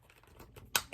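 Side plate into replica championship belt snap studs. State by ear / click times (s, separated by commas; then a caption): seated / 0.8 s. A removable metal side plate is pressed onto the snap studs of a replica WWE Smackdown Tag Team Championship belt made in Pakistan. After faint handling noises, one sharp, bright snap rings out at 0.8 s, followed by a softer tap near the end. The plate seats firmly onto the belt.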